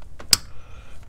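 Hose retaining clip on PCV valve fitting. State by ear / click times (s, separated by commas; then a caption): seated / 0.3 s. The end of an oil catch can hose is pushed onto the PCV valve fitting, and its retaining clip is pressed into place. A single sharp, loud click sounds at 0.3 s among a few faint ticks, and the hose clip is seated tight on the PCV valve.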